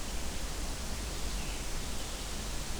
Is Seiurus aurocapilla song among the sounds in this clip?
no